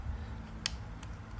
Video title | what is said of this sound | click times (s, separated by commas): Canon ixy 330 📸รีวิวกล้องby filmcamera.x.ub | มันเข้าล็อคนะครับเพื่อนๆนะ | 0.7 s